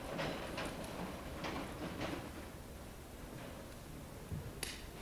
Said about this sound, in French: C'est le train des Allemands de la Volga qu'on déporte. Il y a plusieurs centaines de milliers en route en ce moment.